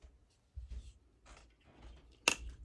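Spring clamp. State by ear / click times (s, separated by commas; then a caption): released / 2.3 s. A spring clamp is removed from a reglued wooden ukulele part the day after gluing. Soft handling rustles lead up to one loud, sharp snap at 2.3 seconds as the clamp pops free.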